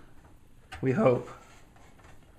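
A metal I/O shield is pushed into a computer case by hand before the motherboard is mounted, while someone talks. Only a faint tick follows around 1.8 s, and nothing has seated or snapped into place yet.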